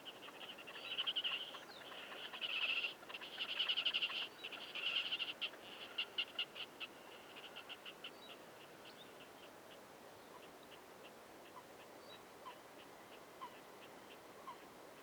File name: Red necked grebe